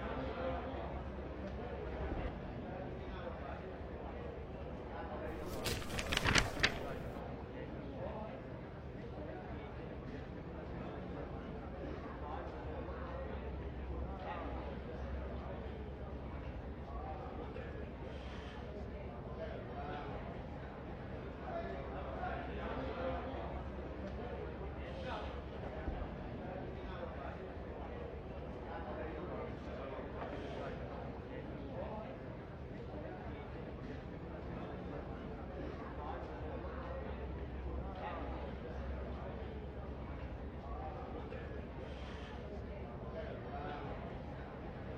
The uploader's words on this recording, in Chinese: 白噪音 中国风 古代客栈氛围 同福客栈掌柜记账日常。古风氛围白噪音。来往车马声、算盘声、客栈环境音。